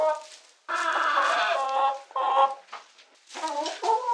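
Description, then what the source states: Chicken distress squawking: long, loud, grating cries broken by short gaps, then a fresh run of shrill calls. Chicken giving distress calls.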